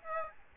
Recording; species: mosquito wingbeat signal from an infrared sensor; Aedes albopictus